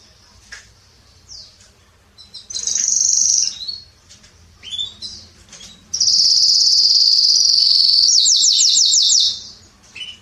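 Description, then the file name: Canary song: scattered thin high chirps, then a loud sustained high trill for about three seconds ending in a quick burst of rapid, pulsed notes. "Canary Voice"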